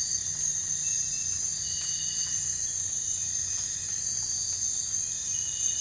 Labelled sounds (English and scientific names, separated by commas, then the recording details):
none
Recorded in dense forest near Puerto Asís, Putumayo, Colombia, on 22 December 2024 at 03:00
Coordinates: 0.468, -76.322
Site G071